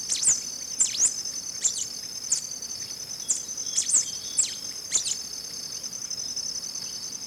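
Black-capped Warbling Finch: bright, high chirping calls with short downward sweeps, some paired, stopping after about five seconds while a continuous insect drone persists.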